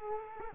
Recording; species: mosquito wingbeat signal from an infrared sensor; Culex quinquefasciatus